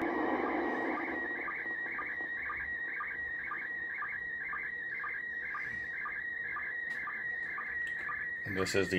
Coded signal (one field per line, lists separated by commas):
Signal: SSTV (slow-scan television)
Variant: PD 120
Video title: SSTV decode from International Space Station ARISS 145.800 MHZ VHF 2 meters Icom IC R8500